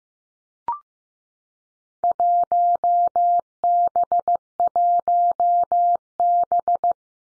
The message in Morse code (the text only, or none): 1B1B